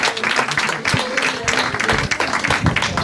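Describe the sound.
An audience applauds with dense, steady clapping that stays loud for about three seconds, a murmur of voices faintly mixed in beneath the claps.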